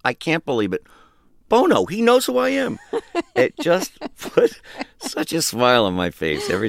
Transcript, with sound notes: I can't believe it. Bono, he knows who I am. (Soundbite of laughter) It just put such a smile on my face every time.